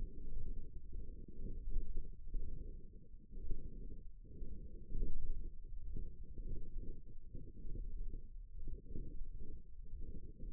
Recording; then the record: forearm muscle sounds (acoustic myography)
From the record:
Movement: radial deviation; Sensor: system 1, eight BSWA MPA416 microphones around the upper forearm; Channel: 7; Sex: female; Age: 21 years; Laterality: right